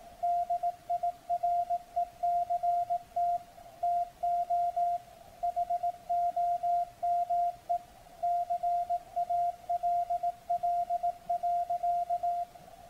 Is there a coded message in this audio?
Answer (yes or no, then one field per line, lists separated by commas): yes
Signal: Morse code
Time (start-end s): 0.2-12.4 s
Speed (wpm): 18 wpm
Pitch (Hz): 700 Hz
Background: none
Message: DIRECT TO HOME CALL.